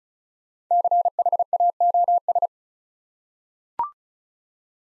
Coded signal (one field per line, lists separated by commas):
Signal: Morse code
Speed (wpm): 36 wpm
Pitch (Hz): 700 Hz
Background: none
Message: CHAOS